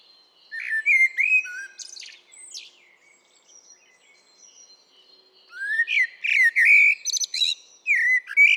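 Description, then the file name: Common blackbird singing two phrases of fluted, mellow whistles mixed with thin, squeaky twittering notes, separated by a quieter pause of a few seconds. "Turdus merula"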